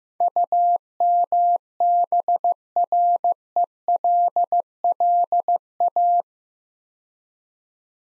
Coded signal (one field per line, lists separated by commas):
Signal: Morse code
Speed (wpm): 15 wpm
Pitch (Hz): 700 Hz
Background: none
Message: UMBRELLA